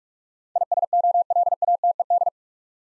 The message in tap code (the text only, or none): none